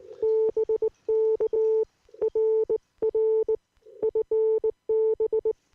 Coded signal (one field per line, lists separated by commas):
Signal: Morse code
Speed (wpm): 18 wpm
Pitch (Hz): 440 Hz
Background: none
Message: BK RR FB